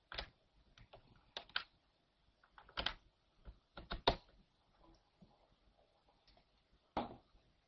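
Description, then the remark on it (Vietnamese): Irregular bursts of sharp clicking and tapping from a computer mouse and keyboard, some single clicks and some quick clusters, with short quiet gaps and no talking. “Chờ một chút để tôi gặp cái con chuột rồi.”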